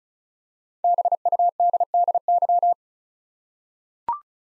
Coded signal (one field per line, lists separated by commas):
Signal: Morse code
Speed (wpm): 34 wpm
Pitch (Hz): 700 Hz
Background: none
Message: BUDDY